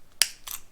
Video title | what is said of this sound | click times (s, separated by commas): Creality Cr-10 Dual Z Upgrade Installation | now my advice right now guys the centric not usually just pops right into place so | 0.2 s